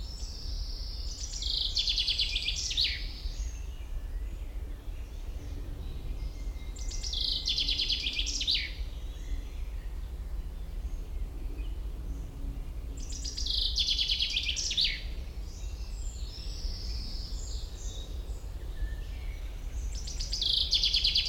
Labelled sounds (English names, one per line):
Common Chaffinch